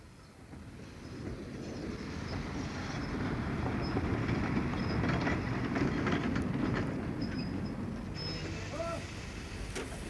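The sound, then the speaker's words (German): An express train, the Prague–Asch D-Zug crossing the Czech border at Asch, rumbles steadily along the rails. A dense low roar with faint rhythmic clatter swells slightly before brief high wheel squeals ring out near the end. “Am 10. September überfuhr der D-Zug Prag-Asch infolge eines Komplotts zwischen dem Lokomotivführer Jaroslav Kovalenka und dem Bahnhofsvorsteher Karel Truxa die tschechische Grenze bei Asch und kam erst ein paar hundert Meter hinter der Grenze”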